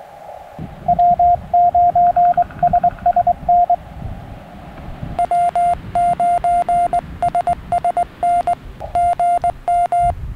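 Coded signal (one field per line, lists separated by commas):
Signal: Morse code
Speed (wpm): 20 wpm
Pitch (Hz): 700 Hz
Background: radio noise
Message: W9SSN W9SSN GM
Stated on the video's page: SOTA summit activation using a linked dipole, field test of a new QU-7025 portable paddle.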